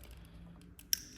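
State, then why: Seated. On a wide-body C8 Corvette getting a Vicrez carbon fiber steering wheel, the steering wheel wiring harness connector is plugged back into its mating plug. A few faint ticks lead up to one sharp, bright click at 0.9 s, and the connector is seated.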